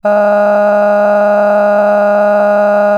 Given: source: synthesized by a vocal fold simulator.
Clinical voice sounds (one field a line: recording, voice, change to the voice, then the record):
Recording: sustained vowel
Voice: female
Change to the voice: cycle-to-cycle stiffness perturbation (roughness), level 5 of 10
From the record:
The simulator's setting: 3.18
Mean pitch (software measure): 206 Hz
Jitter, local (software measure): 1.47%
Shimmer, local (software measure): 11.2%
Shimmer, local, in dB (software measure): 0.97 dB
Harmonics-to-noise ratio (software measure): 16.2 dB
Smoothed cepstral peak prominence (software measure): 16.4 dB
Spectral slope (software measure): -21.8 dB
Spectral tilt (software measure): -11.2 dB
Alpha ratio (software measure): -12.3 dB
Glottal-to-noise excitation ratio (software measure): 0.962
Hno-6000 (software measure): 2.4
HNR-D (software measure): 34.6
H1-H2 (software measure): 5.1 dB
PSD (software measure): 6.3e-05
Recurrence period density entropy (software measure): 0.120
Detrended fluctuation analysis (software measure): 0.0281